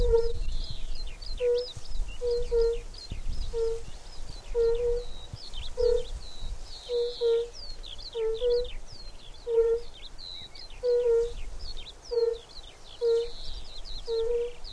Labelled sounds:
Fire-Bellied Toad (Bombina bombina) call
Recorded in the wild
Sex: male
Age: adult
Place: Falkenberger Rieselfelder, Barnim, Berlin, DE
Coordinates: 52.5839, 13.5542
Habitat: lake
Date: 1991-06-25 18:54
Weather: Luft: 18,9°C, Wasser: 22,2°C
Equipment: Uher 4000 Report Monitor, Sennheiser ME 80, K 30 AV, Original
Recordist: Frommolt, Karl-Heinz
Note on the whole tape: Rufe von insgesamt vier Tieren im Südbecken

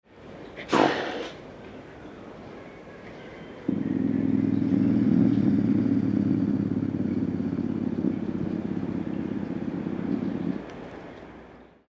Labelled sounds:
Eurasian Lynx (Lynx lynx)
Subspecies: lynx
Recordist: Tembrock, Günter
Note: Stoßlaut und Knurren

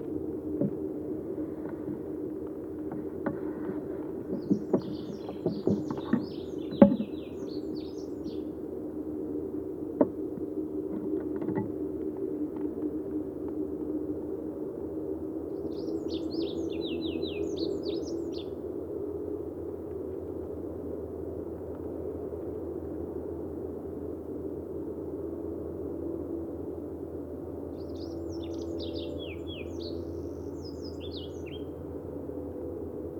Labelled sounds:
Olive-backed Pipit (Anthus hodgsoni) song
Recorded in the wild
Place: Irkutsk, RU
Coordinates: 52.285, 104.289
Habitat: Forest
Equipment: Nagra III BH, Sennheiser MD 21, parabola
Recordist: Schubert, Michael

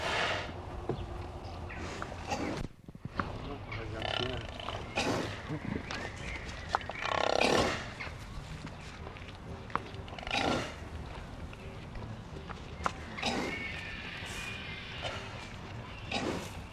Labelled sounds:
African Buffalo (Syncerus caffer)
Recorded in captivity
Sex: female
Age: adult
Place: Tierpark Berlin, Berlin, DE
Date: 1966-07-02 15:00
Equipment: Uher 4000 Report-S, Transistorverstärker II, Sennheiser MD 421
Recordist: Tembrock, Günter

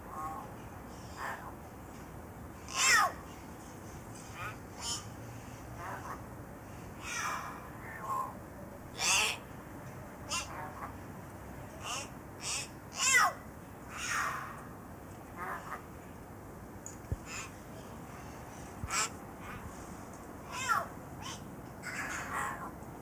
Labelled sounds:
Common Hill Myna (Gracula religiosa) call
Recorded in captivity
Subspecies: intermedia
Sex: group
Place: Zoo Halle, Sachsen-Anhalt, DE
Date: 2004-12-14 12:30
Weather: sunny, 2°C
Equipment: Sony WM-D6C, Sennheiser ME 80, Kopie Uher 4000 Report Monitor
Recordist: Tembrock, Günter

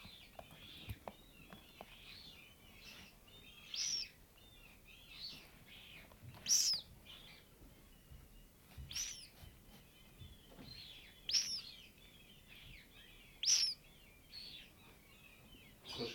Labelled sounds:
Black-headed Gull (Chroicocephalus ridibundus) call
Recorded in the wild
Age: pullus
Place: Langenwerder, Mecklenburg-Vorpommern, DE
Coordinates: 54.027, 11.493
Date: 1969-06-05
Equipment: Nagra III BH, Sennheiser MD 421
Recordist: Schubert, Michael

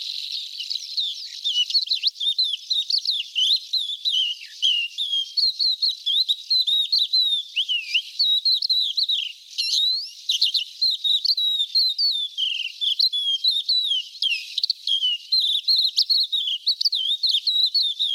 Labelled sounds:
Crested Lark (Galerida cristata) song
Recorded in the wild
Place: Nagyivan / Hortobagy, HU
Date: 1988-05-03
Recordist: Schwarz, Dieter

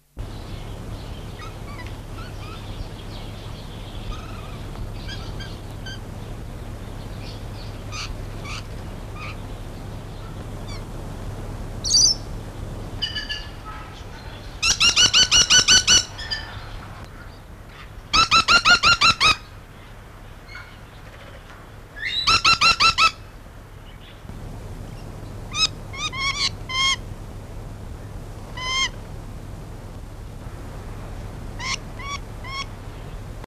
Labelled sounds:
Ornate Lorikeet (Trichoglossus ornatus) call
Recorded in captivity
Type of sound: call
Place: Tierpark Ströhen, Niedersachsen
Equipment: Halbspur, 9,5 cm/s
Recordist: Lütgens, Hans
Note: Rufe

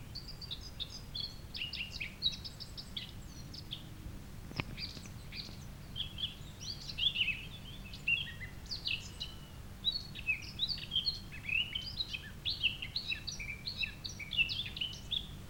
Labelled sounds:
Eurasian Blackcap (Sylvia atricapilla) song
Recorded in the wild
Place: Ossiach, Ossiachersee, Kärnten, AT
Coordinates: 46.6724, 13.9494
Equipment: Hornyphon, Phillips Mikrofon
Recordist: Brunner, Thomas

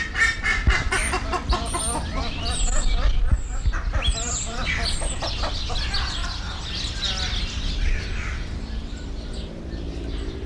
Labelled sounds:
Buff-necked Ibis (Theristicus caudatus) call
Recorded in captivity
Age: adult
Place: Zoo Berlin, Berlin, DE
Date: 1993-01-30 10:47
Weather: -6° C, sonnig
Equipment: Marantz CP 430, Sennheiser ME 80, Kopie Uher Variocord 263
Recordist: Tembrock, Günter

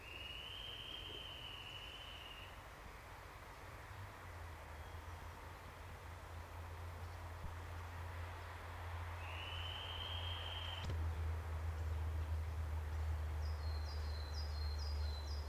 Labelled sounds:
Grey-headed Woodpecker (Picus canus)
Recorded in the wild
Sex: female
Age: adult
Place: Detmold, OT Hiddesen, Teutoburger Wald, Nordrhein-Westfalen, DE
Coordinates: 51.9272, 8.80583
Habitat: pond
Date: 1969-04-07
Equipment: Uher 4000 Report-S, Bändchenmikro Beyer M 260, Parabolspiegel Polyester (470 mm)
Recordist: Conrads, Klaus
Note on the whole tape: NSG Donoper Teich bei Detmold, Heidental. Weibchen: Rufreihen und Drohrufe

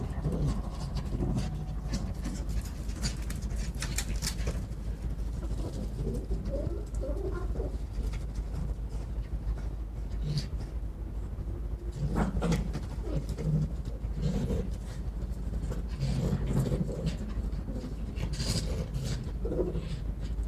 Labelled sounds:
Arctic Fox (Vulpes lagopus)
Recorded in captivity
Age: adult
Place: Zoologisches Institut der HUB, Berlin, DE
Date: 1957-03-22 18:30
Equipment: Elmetra
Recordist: Tembrock, Günter

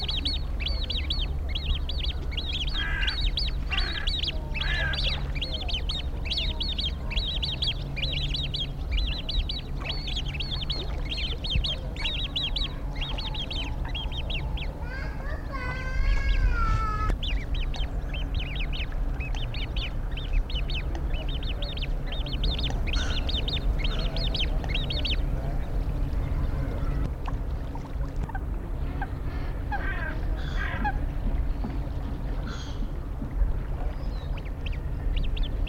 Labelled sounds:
Great Crested Grebe (Podiceps cristatus) call
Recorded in the wild
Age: juvenile
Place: Eutin, Holsteinische Schweiz, Schleswig-Holstein, DE
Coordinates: 54.132, 10.614
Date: 1992-09-10 10:30
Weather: wolkig-heiter, 17°C
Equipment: Marantz CP 430, Sennheiser ME 80, Kopie Tesla B 116
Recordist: Tembrock, Günter

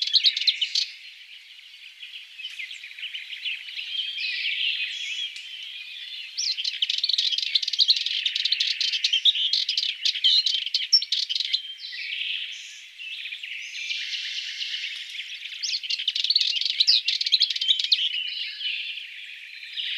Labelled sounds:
Sardinian Warbler (Sylvia melanocephala) song
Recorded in the wild
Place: St. Laurent des Arbres und Umgebung/Combine, FR
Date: 2008-05-13
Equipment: MiniDisc Sharp MT 20 H
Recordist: Schwarz, Dieter
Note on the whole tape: Song

